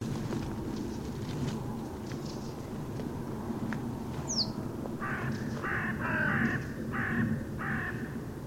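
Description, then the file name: Carrion crow giving about five harsh, hoarse caws in quick succession in the second half, over steady low rumbling background noise. "Corvus corone"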